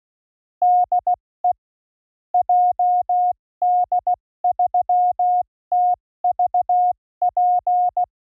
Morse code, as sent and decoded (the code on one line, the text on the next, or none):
-.. . / .--- -.. ...-- - ...- .--.
DE JD3TVP